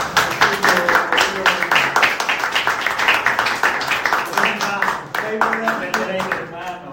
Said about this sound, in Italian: Beh, io adesso riprendo l'invito che ha fatto lui prima e ti mettiamo al centro della scena. Applauso.